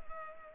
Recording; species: mosquito wingbeat signal from an infrared sensor; Culex pipiens